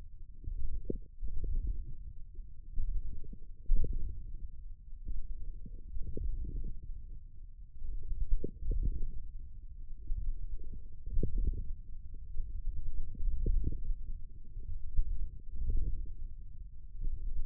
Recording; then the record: forearm muscle sounds (acoustic myography)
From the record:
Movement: forearm pronation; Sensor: system 1, eight BSWA MPA416 microphones around the upper forearm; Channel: 6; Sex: male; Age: 28 years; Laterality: right